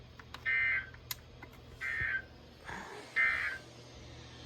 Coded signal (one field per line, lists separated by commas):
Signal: Emergency Alert System (SAME) tones